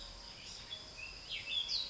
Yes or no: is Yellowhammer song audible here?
no